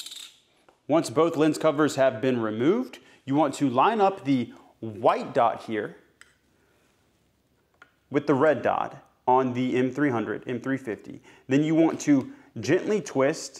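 With both lens covers removed, a RESEPI XT32 LiDAR payload has its white dot lined up with the red dot on the gimbal quick-release mount of an M300/M350 drone, ready to be twisted to lock. Someone talks throughout, with a few faint handling ticks during the pause around 6.2 s and 7.8 s. Nothing has seated or clicked yet.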